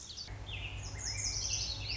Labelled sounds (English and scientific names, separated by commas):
Lazuli Bunting (Passerina amoena)